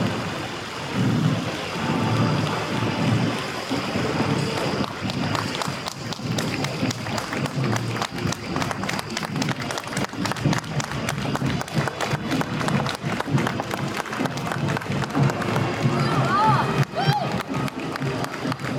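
A Memorial Day parade soundscape on College Ave in Downtown Appleton: a steady, dense murmur of crowd voices fills the whole stretch. From about five seconds on, quick sharp taps and claps scatter thickly through it, and a few higher voices rise near the end.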